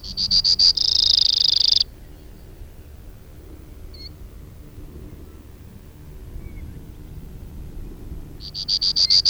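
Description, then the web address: Brewer's sparrow song: a quick run of sharp high notes melting into a dry buzzy trill for about a second, silence, then the next song starting the same way. Recorded from a cassette. "Brewer's Sparrow Audio B--LNSCourse Cassette"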